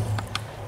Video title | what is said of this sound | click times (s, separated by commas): How To Build A DIY Travel Trailer - Part 73 (Installing Last Outlet – What Neighbor is up to!) | so now that just snaps into place it's nice and even now | 0.4 s